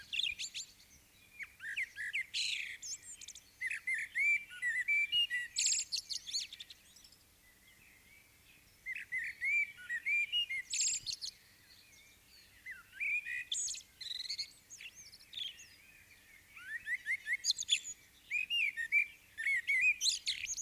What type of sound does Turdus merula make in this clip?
song